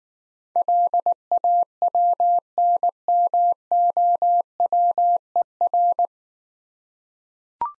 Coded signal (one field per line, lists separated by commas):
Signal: Morse code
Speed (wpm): 19 wpm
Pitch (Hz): 700 Hz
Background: none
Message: LAWNMOWER